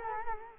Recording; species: mosquito wingbeat signal from an infrared sensor; Culex quinquefasciatus